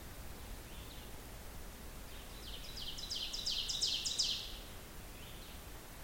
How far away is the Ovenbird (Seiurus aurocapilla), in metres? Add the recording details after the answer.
about 50 m. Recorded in boreal forest in Alberta, Canada, on 16 June 2016 at 06:15. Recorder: SongMeter 3, array SBT-3-32. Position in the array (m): 115 m, 145 m. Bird 37